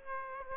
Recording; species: mosquito wingbeat signal from an infrared sensor; Aedes aegypti